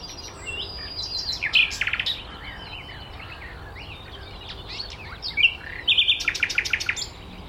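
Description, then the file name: Common nightingale song in two bursts: a quick string of buzzy clicking notes with high chips, a quieter pause of scattered notes, then a fast rattling series. "Luscinia megarhynchos"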